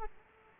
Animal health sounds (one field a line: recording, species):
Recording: mosquito wingbeat signal from an infrared sensor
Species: Aedes aegypti